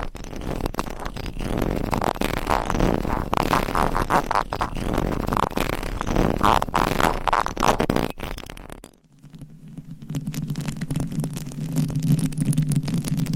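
Scratching and tapping on microphones with homemade covers: for about eight seconds a dense, rough rubbing with quick taps and swells. Near nine seconds it cuts to near silence, then a softer, muffled low rumbling takes over, steadier and darker, until the end.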